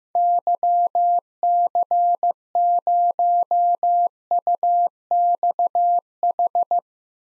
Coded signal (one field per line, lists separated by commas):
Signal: Morse code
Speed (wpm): 15 wpm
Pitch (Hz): 700 Hz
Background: none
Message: YC0UXH